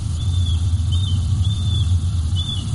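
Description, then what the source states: Marbled Murrelet flight calls, several short high slurred notes rising and falling, spaced irregularly over a strong steady low rumble. Wild bird flying over an acoustic sensor placed in the woods north of Santa Cruz; remote sensor recording used for population tracking with machine learning.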